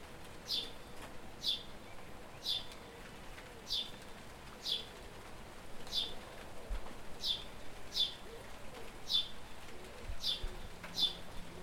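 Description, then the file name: House sparrow chirps, short downward notes repeated about once a second in a steady series over faint low background rumble. "Passer domesticus"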